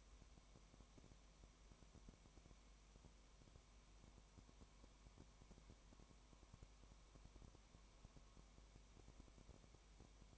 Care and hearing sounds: daily activity, microphone in the room; no activity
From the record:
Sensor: 1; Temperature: 19.1 degrees Celsius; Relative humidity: 34.0%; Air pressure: 1001.3 hPa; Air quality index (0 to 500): 82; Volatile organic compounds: 1 ppm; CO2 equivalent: 819 ppm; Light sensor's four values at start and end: 1/2/1/1 and 1/2/1/1

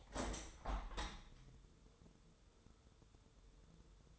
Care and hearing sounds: daily activity, microphone in the room; open window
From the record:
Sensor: 3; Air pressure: 1014.9 hPa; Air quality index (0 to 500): 27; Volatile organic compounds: 1 ppm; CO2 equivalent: 517 ppm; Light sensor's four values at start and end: 10/23/9/9 and 10/23/9/9

